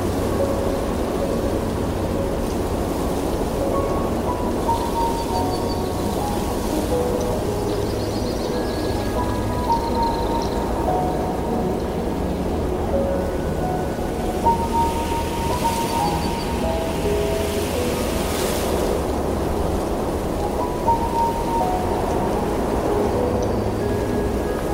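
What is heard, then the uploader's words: Swiss mountain sounds with soft piano music. A steady, dense low rumble like rushing wind or water fills the whole stretch, with gentle sustained mid-range notes drifting over it. Faint high chirps surface around five to ten seconds and again near fifteen to eighteen. 1 hour of relaxing Swiss mountains sounds with soft relaxing piano music.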